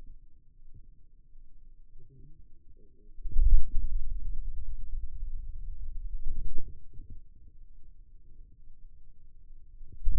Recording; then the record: forearm muscle sounds (acoustic myography)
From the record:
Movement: radial deviation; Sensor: system 2, bracelet of six BSWA MPA416 microphones around the upper forearm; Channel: 2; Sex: male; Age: 22 years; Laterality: right